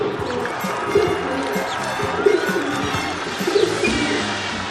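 A pigeon from Piazza San Marco, Venice, coos in low, throaty bursts, three soft warbling coos spaced about a second apart over a steady wash of background noise and faint crowd murmur.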